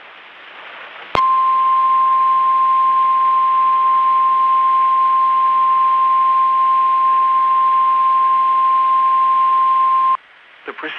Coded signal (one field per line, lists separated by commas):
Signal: Emergency Alert System (SAME) tones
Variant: 1050 Hz attention tone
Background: speech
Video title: TEST DAY | EAS #274- Required Weekly Test on WXJ53 (KPL20 relays of WXJ53, KGG68 and KEC56)